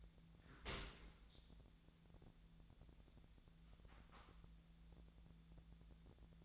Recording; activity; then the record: daily activity, microphone in the room; open dishwasher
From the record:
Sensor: 3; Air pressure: 1000.5 hPa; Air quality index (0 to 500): 174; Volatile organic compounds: 3 ppm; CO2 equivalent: 1507 ppm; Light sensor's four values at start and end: 15/40/16/17 and 15/40/16/17